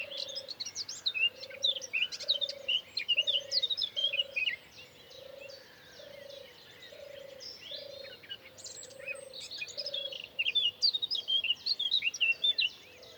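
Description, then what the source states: Birds singing in a lively chorus of high chirps and trills, with a low hooting note repeated steadily underneath. Singing in the morning.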